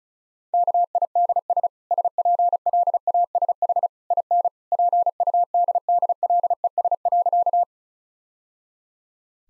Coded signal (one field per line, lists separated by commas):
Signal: Morse code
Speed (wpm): 36 wpm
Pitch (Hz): 700 Hz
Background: none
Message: KIDS SPLASH IN PUDDLES.